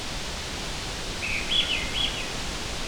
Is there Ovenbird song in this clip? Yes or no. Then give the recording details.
no. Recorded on 23 June 2016 at 08:43. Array SBT-6-76